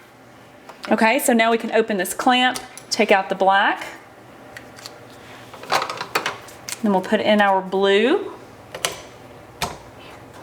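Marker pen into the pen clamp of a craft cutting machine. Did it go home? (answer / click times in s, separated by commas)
yes / 8.8 s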